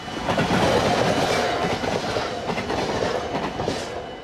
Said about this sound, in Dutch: fietsers, voetgangers, ze staan allemaal keurig te wachten hier voor de spoorbomen. Die staan omlaag, trein komt eraan. En aan beide kanten van het spoor hier in Bussum naast het station flitspalen.